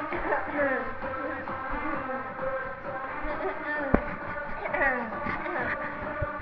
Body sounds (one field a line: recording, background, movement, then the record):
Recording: throat clearing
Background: music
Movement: walking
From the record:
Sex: female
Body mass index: 18.3 kg/m2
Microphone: on the chest, facing the body